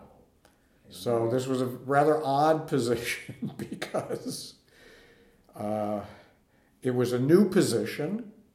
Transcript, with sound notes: Brown. So this was a rather odd position. (laughs) Because it was a new position